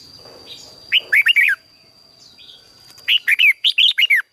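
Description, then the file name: Red-whiskered bulbul singing two quick phrases of rich, looping whistles, each a cluster of several slurred notes, with a faint high tone in the background. "Tieng chao mao hot"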